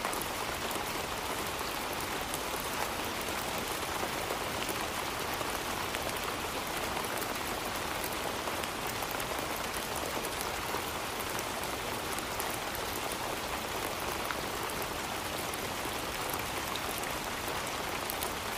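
Summer rain falls steadily and densely, a constant hiss that never lets up across the whole stretch. Countless close drops patter on a surface, bright and crisp, with faint, frequent ticks of individual hits scattered throughout and little low rumble beneath.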